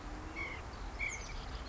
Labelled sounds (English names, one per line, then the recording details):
White-breasted Nuthatch
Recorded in Sonoma County, California